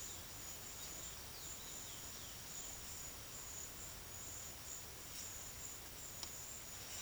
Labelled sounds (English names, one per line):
none